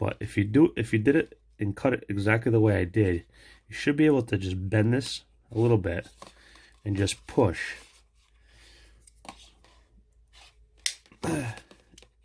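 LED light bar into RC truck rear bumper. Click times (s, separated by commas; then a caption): 10.9 s. Someone talks while bending the rear LED light bar of a Traxxas X-Maxx High Output Light Kit slightly and pushing it into a custom-cut plastic rear bumper on the RC truck. A sharp click at 10.9 s marks it snapping into place, followed by light handling noise. The light bar is seated and fits perfectly.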